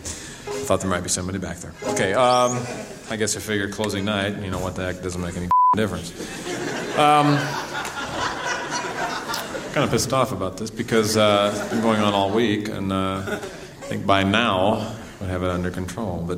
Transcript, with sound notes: Thought there might be somebody back there. OK, I guess, I figured, closing night, you know, that that does not make any (beep) difference. (LAUGHTER) Kind of pissed off about this because we've been going on all week, and I'd think, by now, we'd have it under control.